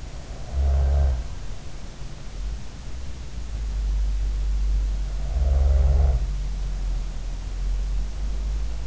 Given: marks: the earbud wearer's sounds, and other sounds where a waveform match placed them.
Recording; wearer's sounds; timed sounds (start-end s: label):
sounds in sleep by an in-ear microphone; snoring breath
0.00-1.54 s: snoring breath
5.03-7.24 s: snoring breath